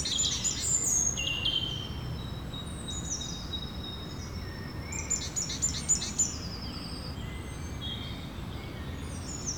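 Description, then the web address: Birds singing in a chorus of high, quick twittering and thin whistled phrases, overlapping throughout, over a steady low rumble of background noise. Birds recorded in the evening. "Birds, Insects Animals Birds evening"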